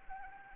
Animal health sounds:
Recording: mosquito wingbeat signal from an infrared sensor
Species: Anopheles arabiensis

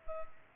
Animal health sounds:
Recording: mosquito wingbeat signal from an infrared sensor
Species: Culex pipiens

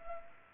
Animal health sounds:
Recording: mosquito wingbeat signal from an infrared sensor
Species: Culex pipiens

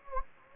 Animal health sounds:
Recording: mosquito wingbeat signal from an infrared sensor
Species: Anopheles gambiae

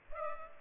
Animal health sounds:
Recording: mosquito wingbeat signal from an infrared sensor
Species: Culex pipiens

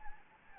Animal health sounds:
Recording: mosquito wingbeat signal from an infrared sensor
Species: Anopheles gambiae

